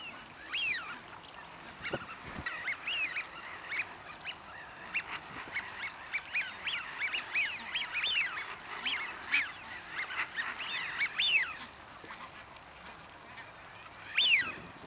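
Eurasian wigeon whistling, many overlapping rising-and-falling whistled notes from several birds, busiest in the middle and fading toward the end with one final call.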